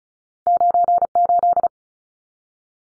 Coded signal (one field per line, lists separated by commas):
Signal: Morse code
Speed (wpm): 34 wpm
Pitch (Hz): 700 Hz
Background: none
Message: 98